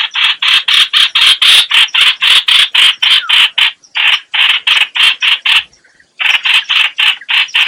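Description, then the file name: Bulbul repeating coarse, buzzy chattering notes at a brisk, even pace, interrupted by a brief lull before starting again. Lure call used to attract the bird. "Tieng Trao Trao moi keu"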